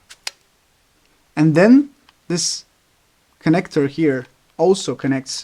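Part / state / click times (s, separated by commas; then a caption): flight battery into FPV drone battery bay / seated / 0.3 s. A flight battery is pushed into the battery bay of a DJI Avata FPV drone until its latch engages, giving a small, sharp click at 0.3 s after a fainter tick at 0.1 s. The battery is seated, and someone then talks.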